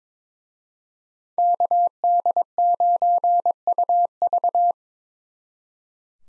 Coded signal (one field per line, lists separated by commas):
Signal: Morse code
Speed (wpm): 26 wpm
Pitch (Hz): 700 Hz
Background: none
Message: KD9UV